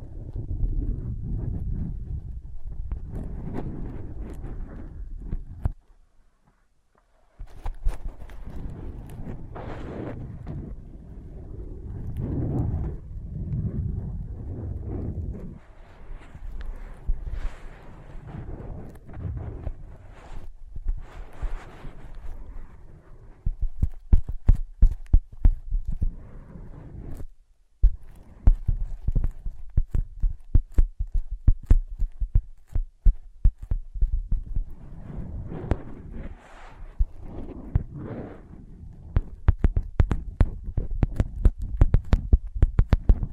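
Ear pads are tapped, scratched and traced in a dense, uneven stream of soft, low thumps and rubbing. Short gaps break it near 6 and 27 seconds, and from about 24 seconds quick, sharp taps come in rapid bursts with brighter clicks.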